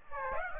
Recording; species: mosquito wingbeat signal from an infrared sensor; Aedes aegypti